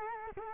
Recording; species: mosquito wingbeat signal from an infrared sensor; Culex quinquefasciatus